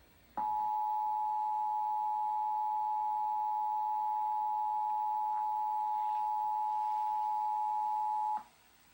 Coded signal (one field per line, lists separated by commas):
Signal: Emergency Alert System (SAME) tones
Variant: 853 and 960 Hz attention tone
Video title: SLO RMT (3/2/23) (EAS #839-840)